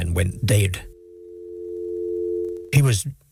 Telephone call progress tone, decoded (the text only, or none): dial tone